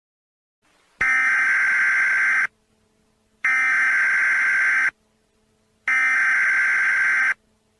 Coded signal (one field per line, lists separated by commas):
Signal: Emergency Alert System (SAME) tones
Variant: header bursts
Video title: EAS Scenario “ Close Your Eyes “ Part 1/2